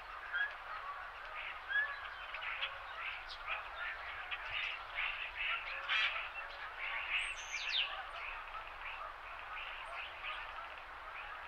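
Winter morning birds chatter in a dense, steady mix of short bright chirps and calls, with a few high whistles around eight seconds.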